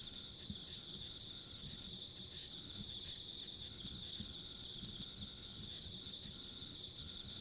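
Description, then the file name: Continuous high insect trilling, gently throbbing in rhythm, with a thin high-pitched tone above and a muffled low rumble below. Ambient insect sounds recorded along a country road. "田舎道の虫の環境音"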